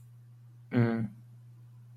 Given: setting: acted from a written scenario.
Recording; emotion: vocal sound without words; guilt